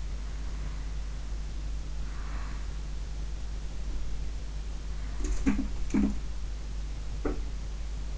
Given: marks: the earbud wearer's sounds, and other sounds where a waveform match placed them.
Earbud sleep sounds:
sounds in sleep by an in-ear microphone; breath
0.15-2.80 s: breath
5.13-6.29 s: sound from someone else or the room
7.13-7.78 s: sound from someone else or the room

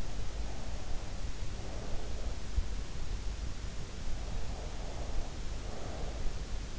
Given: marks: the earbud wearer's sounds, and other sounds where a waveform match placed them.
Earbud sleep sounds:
sounds in sleep by an in-ear microphone; breath
0.00-2.58 s: breath
4.12-6.23 s: breath

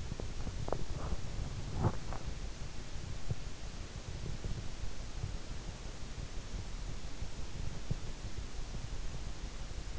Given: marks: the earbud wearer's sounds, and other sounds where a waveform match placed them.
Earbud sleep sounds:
sounds in sleep by an in-ear microphone; body movement
0.00-2.49 s: body movement

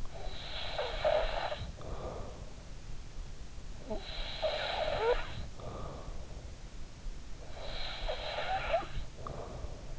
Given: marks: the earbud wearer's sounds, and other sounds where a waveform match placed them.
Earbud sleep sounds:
sounds in sleep by an in-ear microphone; snoring breath
0.00-2.58 s: snoring breath
3.77-6.22 s: snoring breath
7.20-9.99 s: snoring breath

